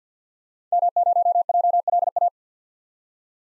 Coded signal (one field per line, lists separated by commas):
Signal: Morse code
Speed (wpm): 50 wpm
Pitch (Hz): 700 Hz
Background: none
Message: M0JLA